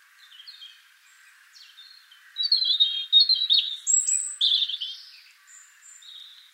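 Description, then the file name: European robin song: a quiet thin opening, then a brisk run of high, tinkling, warbled notes with a sharp whistled slide, trailing off into soft faint phrases. "Erithacus rubecula"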